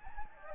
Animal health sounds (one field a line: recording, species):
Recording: mosquito wingbeat signal from an infrared sensor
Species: Anopheles gambiae